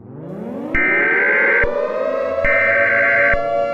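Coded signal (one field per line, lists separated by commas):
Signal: Emergency Alert System (SAME) tones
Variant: header bursts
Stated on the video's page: Fictional EAS scenario about an escaped T-Rex, not for on-air use.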